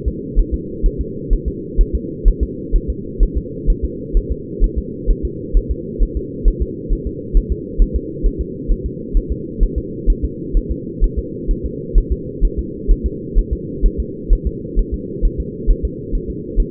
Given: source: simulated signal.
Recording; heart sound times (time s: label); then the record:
fetal heart sounds
0.08 s: S2
0.39 s: S1
0.54 s: S2
0.86 s: S1
1.01 s: S2
1.33 s: S1
1.48 s: S2
1.81 s: S1
1.95 s: S2
2.28 s: S1
2.43 s: S2
2.76 s: S1
2.90 s: S2
3.23 s: S1
3.37 s: S2
3.70 s: S1
3.85 s: S2
4.17 s: S1
4.32 s: S2
4.64 s: S1
4.78 s: S2
5.10 s: S1
5.25 s: S2
5.57 s: S1
5.71 s: S2
6.03 s: S1
6.17 s: S2
6.48 s: S1
6.62 s: S2
6.93 s: S1
7.07 s: S2
7.37 s: S1
7.52 s: S2
7.82 s: S1
7.96 s: S2
8.26 s: S1
8.41 s: S2
8.72 s: S1
8.86 s: S2
9.17 s: S1
9.32 s: S2
9.63 s: S1
9.78 s: S2
10.10 s: S1
10.24 s: S2
10.57 s: S1
10.72 s: S2
11.04 s: S1
11.18 s: S2
11.51 s: S1
11.66 s: S2
11.98 s: S1
12.12 s: S2
12.45 s: S1
12.59 s: S2
12.91 s: S1
13.06 s: S2
13.38 s: S1
13.53 s: S2
13.86 s: S1
14.00 s: S2
14.33 s: S1
14.47 s: S2
14.79 s: S1
14.94 s: S2
15.25 s: S1
15.40 s: S2
15.71 s: S1
15.85 s: S2
16.15 s: S1
16.30 s: S2
16.60 s: S1
From the record:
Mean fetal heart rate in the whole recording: 130 bpm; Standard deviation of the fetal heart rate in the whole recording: 2 bpm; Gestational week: 38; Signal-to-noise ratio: -4.1 dB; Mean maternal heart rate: no maternal heart sound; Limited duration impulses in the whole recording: absent